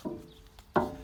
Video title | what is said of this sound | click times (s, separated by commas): Richey & Clapper Cuts through Heavy Brush with the Brush Wolf 4200 Brush Hog attachment on a Toro | you hear that nice positive click you know you're in | 0.8 s